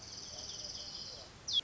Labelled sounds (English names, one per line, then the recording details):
Orange-crowned Warbler
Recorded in Sonoma County, California